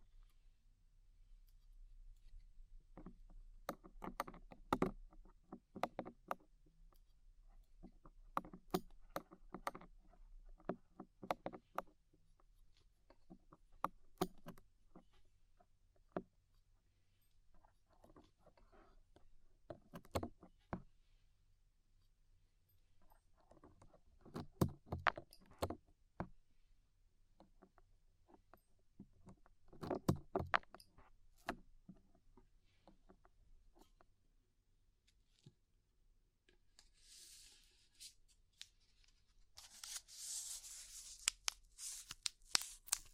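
Ear cleaning with rhinestone and clay removal: a series of sharp, crisp clicks and scrapes, irregular and often clustered in quick bursts, over a low steady hum. Near the end, soft brighter rustling and scratching swells briefly, around 37 to 43 seconds.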